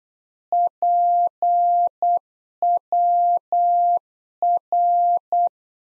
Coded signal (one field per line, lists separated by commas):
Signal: Morse code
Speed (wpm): 8 wpm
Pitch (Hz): 700 Hz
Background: none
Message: PWR